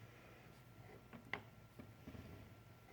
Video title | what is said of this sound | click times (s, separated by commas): 1995 Suzuki Sidekick Starter Motor | is on down there there we go it and it pops into place yeah | 1.3 s